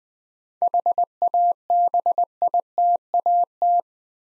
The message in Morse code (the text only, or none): HABITAT